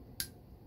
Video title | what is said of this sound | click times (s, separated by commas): RetroSound's motor4 Long beach stereo assembly | boom that click | 0.2 s